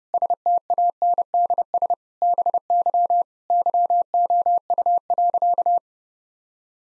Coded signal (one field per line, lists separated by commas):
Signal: Morse code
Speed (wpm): 30 wpm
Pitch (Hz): 700 Hz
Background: none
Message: STANDS BY YOU.